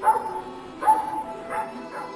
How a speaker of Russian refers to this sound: Залаяла собака.